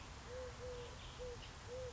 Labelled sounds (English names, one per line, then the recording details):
Eurasian Collared Dove
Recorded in Sonoma County, California